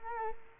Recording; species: mosquito wingbeat signal from an infrared sensor; Culex quinquefasciatus